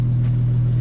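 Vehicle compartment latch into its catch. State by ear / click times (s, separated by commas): not seated / none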